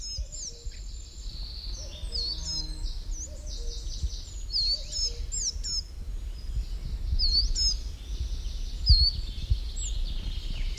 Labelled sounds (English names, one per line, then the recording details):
Coal Tit
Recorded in the wild
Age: adult
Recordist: Brunner, Thomas